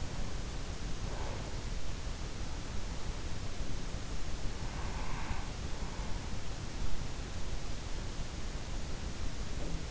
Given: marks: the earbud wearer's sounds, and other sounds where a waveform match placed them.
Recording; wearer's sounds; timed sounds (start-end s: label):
sounds in sleep by an in-ear microphone; breath
0.00-1.82 s: breath
4.55-6.73 s: breath